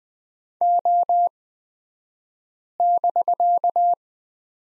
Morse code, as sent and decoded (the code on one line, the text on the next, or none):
--- -...-.-
O<BK>